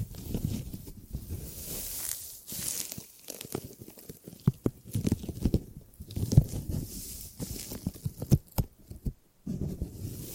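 Gripping and grabbing sounds, made of uneven handling noises: low rubbing and muffled thumps mixed with sharp, bright clicks and short hissy scrapes. The activity comes in bursts with brief silent gaps, busiest around the middle, with a few crisp snaps near six and eight seconds.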